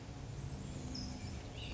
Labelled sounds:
California Towhee
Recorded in Sonoma County, California

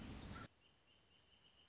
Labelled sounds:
Wrentit
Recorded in Sonoma County, California

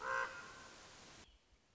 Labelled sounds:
Common Raven
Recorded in Sonoma County, California

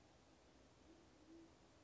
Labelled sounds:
Band-tailed Pigeon
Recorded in Sonoma County, California

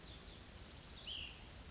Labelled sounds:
Cassin's Vireo
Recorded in Sonoma County, California

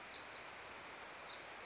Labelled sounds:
Pacific Wren
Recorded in Sonoma County, California

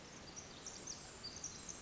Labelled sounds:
Pacific Wren
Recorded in Sonoma County, California

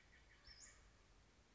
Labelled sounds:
Western Flycatcher
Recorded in Sonoma County, California

